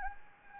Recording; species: mosquito wingbeat signal from an infrared sensor; Anopheles gambiae